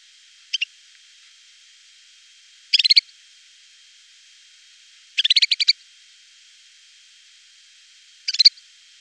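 Snowfinch calls: four short bursts of rapid notes, separated by gaps of about two to three seconds of quiet.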